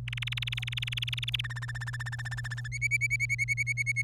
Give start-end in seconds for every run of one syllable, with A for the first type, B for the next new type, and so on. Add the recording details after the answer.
0.08-1.41 A, 1.44-2.68 B, 2.72-4.02 C. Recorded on 27 April 2018 at 15:05. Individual llb3